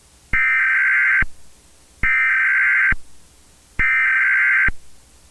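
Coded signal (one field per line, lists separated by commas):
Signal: Emergency Alert System (SAME) tones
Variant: header bursts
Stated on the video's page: Fictional EAS scenario about a cursed moon.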